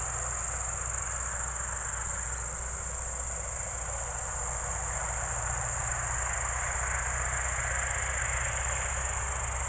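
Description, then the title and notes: Steady high cricket chorus with an old engine droning low throughout. Evening crickets at Spalona Pass, Bystrzyckie Mountains, Poland, 18 July 2024 around 19:00; old tractor mowing grass in the village below audible. "Spalona 6, 57-516, Polska - Spalona Pass - crickets and haymaking. Przełęcz Spalona w Górach Bystrzyckich. wieczorne świerszcze"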